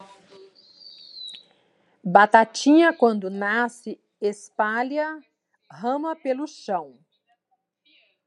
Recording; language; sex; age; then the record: short text; Brazilian Portuguese; female; 50 to 59 years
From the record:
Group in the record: control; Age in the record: 54 years